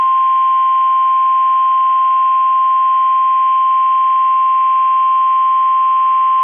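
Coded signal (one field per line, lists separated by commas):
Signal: Emergency Alert System (SAME) tones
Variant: 1050 Hz attention tone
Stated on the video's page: NOAA Weather Radio required weekly test tones.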